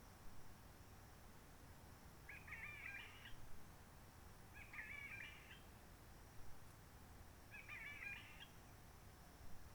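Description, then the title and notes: Réunion bulbul utters three brief, husky warbled phrases separated by pauses, with faint background rumble. Roche Merveilleuse, Réunion; forest quiet since lockdown of 19 March 2020, no visitors, microlights or helicopters; sunny blue sky; birds not very active; simpler song of short phrases, adapted to aircraft noise. "Roche Merveilleuse, Réunion - Merle de lîle de la Réunion. Merle de la Réunion. depuis le 19 mars 2020"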